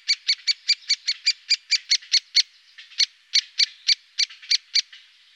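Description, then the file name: Great spotted woodpecker calling with sharp, clipped kik notes, fast and regular at first, then more spaced after a brief pause. "pico picapinos"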